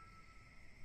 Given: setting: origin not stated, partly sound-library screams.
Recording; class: one-second piece from a danger detection set; normal situation